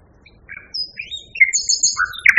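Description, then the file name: Common nightingale song made of quick varied phrases: short chirps, a high thin whistle, sliding notes and a burst of rich twittering at the end. Song variation. "kicauan nightingale b variasi. omkicau"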